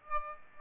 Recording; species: mosquito wingbeat signal from an infrared sensor; Aedes aegypti